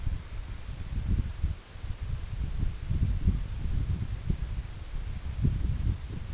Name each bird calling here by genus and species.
none